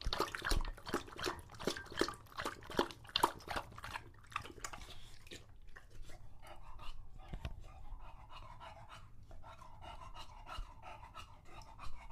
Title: English Bulldog Drinks from Water Bowl - Weird Sounds